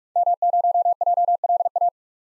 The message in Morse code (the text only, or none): M0JLA